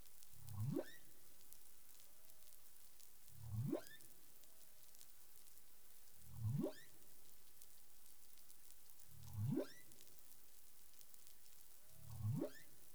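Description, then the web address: Humpback whale calls: a regular series of five steep rising upsweeps from a low grunt to a high squeak, about every three seconds, with soft brief tones in the hiss. Recorded 20 April 2021 at 03:56 UTC. "humpback whale 20210420 035642 UTC"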